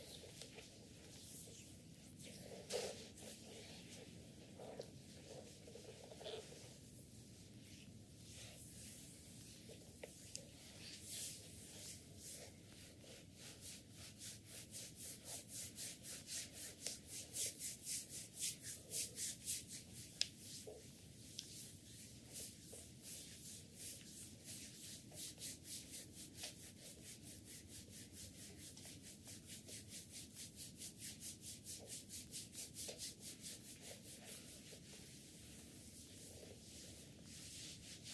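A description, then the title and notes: Wooden massage tool rubbing in quick, regular strokes, starting sparse and soft, then becoming dense and steady from around ten seconds on. ASMR Bamboo massage by Olga. Asmr Wood Japanese therapy. Wood Japanese massage.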